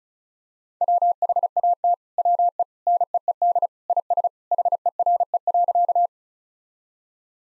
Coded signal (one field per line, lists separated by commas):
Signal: Morse code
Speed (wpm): 36 wpm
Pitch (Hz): 700 Hz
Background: none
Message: WHAT WE NEED IS HERE.